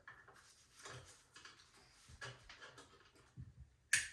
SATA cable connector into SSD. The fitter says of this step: just like that and hear the click and then the other end